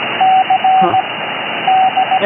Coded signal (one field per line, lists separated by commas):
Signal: Morse code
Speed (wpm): 17 wpm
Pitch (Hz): 760 Hz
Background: speech, radio noise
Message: C D